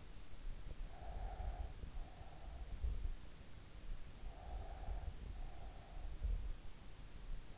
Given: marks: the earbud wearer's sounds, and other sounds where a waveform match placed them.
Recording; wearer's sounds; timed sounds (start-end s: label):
sounds in sleep by an in-ear microphone; breath
0.88-3.04 s: breath
4.05-6.12 s: breath